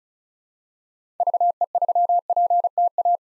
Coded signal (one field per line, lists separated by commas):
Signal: Morse code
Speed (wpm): 36 wpm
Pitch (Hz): 700 Hz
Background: none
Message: VE3PTA